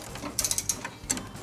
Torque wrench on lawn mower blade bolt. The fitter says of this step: all right I'm going to be quiet now so you can hear the clicking noise